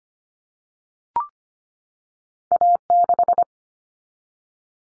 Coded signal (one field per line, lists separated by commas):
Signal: Morse code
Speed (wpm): 25 wpm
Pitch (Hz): 700 Hz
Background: none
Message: A6